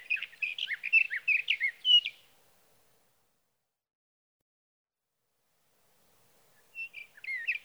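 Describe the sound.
Sage Thrasher singing a fast run of varied warbles and slurred whistles for about two seconds, followed by a long silence and the start of another phrase.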